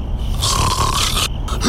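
One loud, harsh, rattling snore lasts about a second, then cuts off abruptly. It is an acted adult snore illustrating sleep apnoea, where the upper airway narrows or collapses during sleep. It is linked with daytime dozing, fatigue, morning headaches and difficulty concentrating, and is treated with CPAP therapy after at-home testing.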